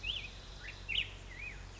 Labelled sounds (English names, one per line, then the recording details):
Black-headed Grosbeak
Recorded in Sonoma County, California